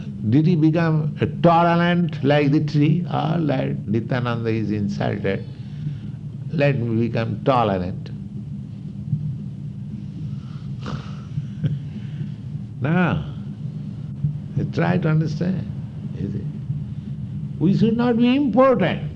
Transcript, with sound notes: Did He become a tolerant like the tree, "All right, Nityānanda is insulted. Let Me become tolerant"? [laughs] No, no. Try to understand. You see? We should not be impotent.